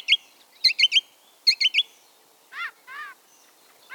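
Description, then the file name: Song thrush song: quick triple notes given twice, then lower rich chevron-shaped notes. "bioakusztika enekesrigo"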